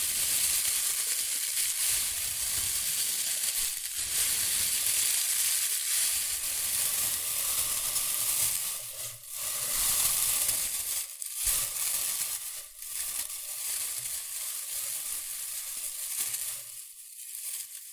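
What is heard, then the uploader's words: Rustling and crinkling goes on almost without pause for the whole stretch, a dense, bright crackle with a steady hiss running through it. Brief dips break the texture near 4, 9, 11, 12.5 and 17 seconds, where the crinkling thins for a moment before resuming. ASMR Rustling and Crinkle Sounds.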